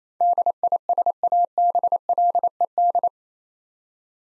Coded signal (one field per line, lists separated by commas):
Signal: Morse code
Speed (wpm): 28 wpm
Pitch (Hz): 700 Hz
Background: none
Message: DISABLED